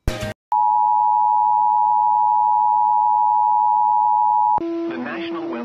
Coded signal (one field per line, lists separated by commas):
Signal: Emergency Alert System (SAME) tones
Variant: 853 and 960 Hz attention tone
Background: speech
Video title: HERE YOU GO WAKEFIELD EAS Alerts From 3/19/21 (EAS #376-380)